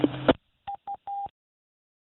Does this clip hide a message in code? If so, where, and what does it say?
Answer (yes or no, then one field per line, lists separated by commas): no